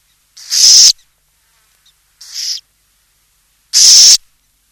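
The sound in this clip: Burrowing owl making three loud, buzzy hissing screeches, the middle one softer, separated by silent pauses of over a second.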